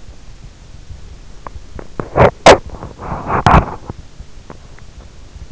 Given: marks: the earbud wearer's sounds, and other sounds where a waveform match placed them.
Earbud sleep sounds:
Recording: sounds in sleep by an in-ear microphone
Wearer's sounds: teeth grinding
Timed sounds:
1.14-5.11 s: teeth grinding

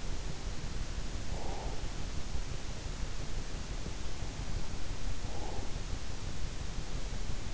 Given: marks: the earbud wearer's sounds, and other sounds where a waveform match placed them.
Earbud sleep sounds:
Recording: sounds in sleep by an in-ear microphone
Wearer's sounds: breath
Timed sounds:
0.99-2.28 s: breath
5.01-5.92 s: breath

